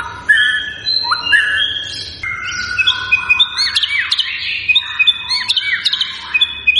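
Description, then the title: White-rumped shama song, a rich run of clear whistles, slurred notes and rapid chattering phrases, varied and continuous. Lure recording to make the bird respond; bird described as persistently singing. "PANCINGAN MURAI BATU GACOR"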